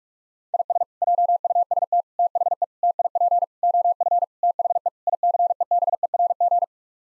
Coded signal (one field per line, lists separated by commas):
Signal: Morse code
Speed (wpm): 46 wpm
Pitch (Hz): 700 Hz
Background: none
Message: IS JUST THE TIP OF THE ICEBERG